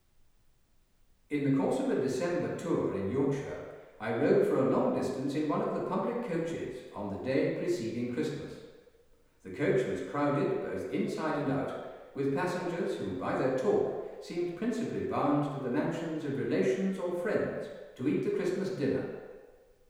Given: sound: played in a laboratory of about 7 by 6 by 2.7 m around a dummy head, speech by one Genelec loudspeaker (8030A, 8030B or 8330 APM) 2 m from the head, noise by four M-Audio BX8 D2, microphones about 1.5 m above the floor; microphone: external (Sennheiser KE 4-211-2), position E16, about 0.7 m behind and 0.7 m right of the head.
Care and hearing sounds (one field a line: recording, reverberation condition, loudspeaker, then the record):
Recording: male speech in English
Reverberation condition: high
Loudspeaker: 90 degrees to the left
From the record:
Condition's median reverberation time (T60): about 1300 ms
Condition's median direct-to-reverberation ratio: about -4.0 dB